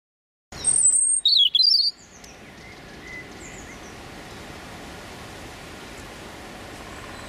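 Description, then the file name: European robin song phrase: a thin, high sustained whistle followed by wavering, slurred notes, about one and a half seconds long. Male singing his territorial song. "European Robin Erithacus rubecula male singing his territorial song"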